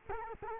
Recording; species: mosquito wingbeat signal from an infrared sensor; Culex quinquefasciatus